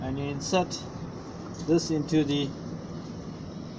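Someone talks over a steady low background hum while an office chair's assembled seat mechanism is brought toward the gas lift cylinder in the base. The seat has not yet been pressed down onto the cylinder, so nothing has seated or clicked yet.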